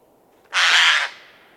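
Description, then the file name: Eurasian jay uttering one loud, harsh, tearing screech lasting about half a second. "Garrulus glandarius"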